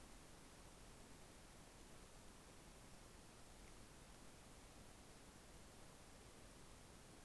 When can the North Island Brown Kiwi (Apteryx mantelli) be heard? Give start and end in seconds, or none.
none